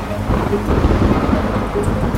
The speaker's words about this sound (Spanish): La tormenta se acerca.